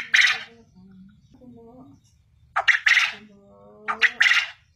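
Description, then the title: Quail calls, loud harsh three-note bursts, two short notes then a longer one, repeated a few times, with faint low droning tones between bursts. Call used as a lure to make quail respond and call actively. "Burung Puyuh Mana Yang Tidak Nyaut Dan Gacor Dengan Pancingan Ini"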